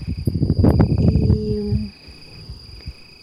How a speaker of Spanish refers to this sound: Muy al fondo se escuchan algunos grillos que ya empiezan a estridular.